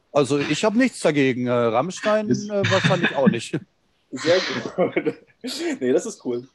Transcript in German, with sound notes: Also ich hab nichts dagegen, Rammstein wahrscheinlich auch nicht. [lacht]
Sehr gut. Ne, das ist cool.